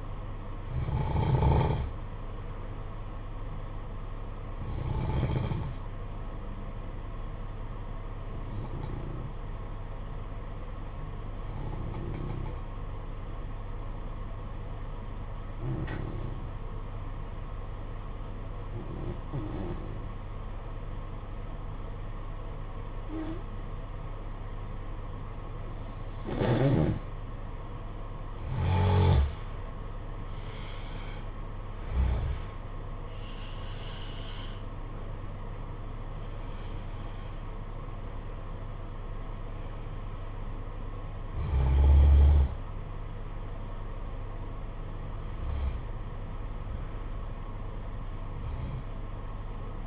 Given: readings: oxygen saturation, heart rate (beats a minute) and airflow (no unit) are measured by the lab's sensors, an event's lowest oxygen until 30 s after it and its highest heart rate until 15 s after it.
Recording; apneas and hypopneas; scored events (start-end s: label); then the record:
breathing in sleep by a smartphone at the bedside; 1
9.00-27.30 s: hypopnea (N1, oxygen 95% highest, then 87% lowest, heart rate 54 at the start, 67 highest)
19.00-49.87 s: new sleep stage, N2 (light sleep)
From the record:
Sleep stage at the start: N1 (lightest sleep); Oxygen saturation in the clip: 88 to 95%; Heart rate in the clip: 54 to 67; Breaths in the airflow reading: 14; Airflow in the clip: -6.3 to 12.5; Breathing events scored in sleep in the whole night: 476 in 9.7 hours asleep